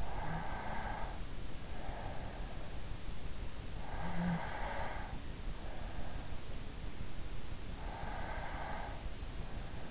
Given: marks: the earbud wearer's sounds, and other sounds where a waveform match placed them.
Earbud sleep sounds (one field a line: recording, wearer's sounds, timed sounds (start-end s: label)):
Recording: sounds in sleep by an in-ear microphone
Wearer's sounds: snoring breath, breath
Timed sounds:
0.00-2.34 s: snoring breath
3.82-5.71 s: snoring breath
7.71-9.54 s: breath